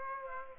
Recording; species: mosquito wingbeat signal from an infrared sensor; Aedes aegypti